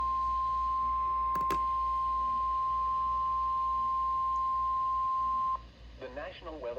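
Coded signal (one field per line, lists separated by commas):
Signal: Emergency Alert System (SAME) tones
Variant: 1050 Hz attention tone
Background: speech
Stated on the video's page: NOAA Weather Radio Flash Flood Warning for parts of Berks, Bucks, Lehigh and Montgomery counties, Pennsylvania.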